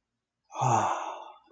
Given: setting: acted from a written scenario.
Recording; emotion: vocal sound without words; serenity